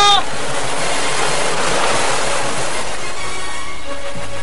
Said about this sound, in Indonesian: Dia tidak mendengar suaraku. Debur ombak ini serta angin yang berlawanan dengan arah yang kutuju menghalangi suaraku.